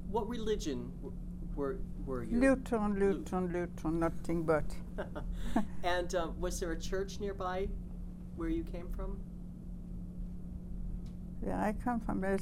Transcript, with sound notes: What religion were, were you?
Lutheran, Lutheran, Lutheran, nothing but. (they laugh)
And was there a church nearby where you came from?
Yeah, I come from